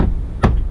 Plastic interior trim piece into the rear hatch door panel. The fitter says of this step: them up and then snap